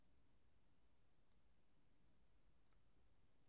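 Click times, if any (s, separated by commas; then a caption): none. An NVMe M.2 SSD is pushed softly into the M.2 connector slot of an external enclosure board, and the drive goes in without making the expected click. Only faint low background noise is heard, with a brief soft tick at the very end, around 3.5 s. Nothing has clicked yet.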